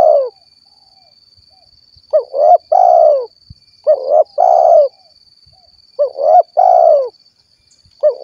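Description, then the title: Spotted dove call: three-part coo, two quick notes then a longer hoarse coo, repeated about every two seconds over a steady thin high whine. "Tekukur"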